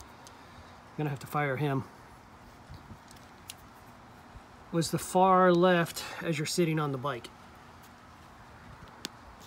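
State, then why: Seated. Someone talks while a Shimano E8000 switch's Di2 cable plug is pushed into the far-left port of the e-bike junction box. A sharp click at 9.1 s marks the plug seating in the port.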